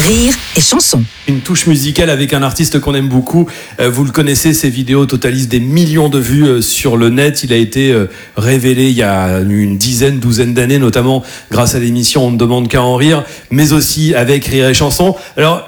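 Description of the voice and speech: One adult man speaks in French with fluent, lively, presenter-style delivery. His mid-low voice is clear and steady, with brief natural pauses and no hoarseness or stumbling. This is ordinary, normal speech from a show host introducing the next performer.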